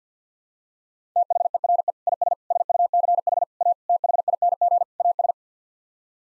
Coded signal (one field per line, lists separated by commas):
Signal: Morse code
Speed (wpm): 50 wpm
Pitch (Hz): 700 Hz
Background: none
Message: THERE IS SUCH A THING AS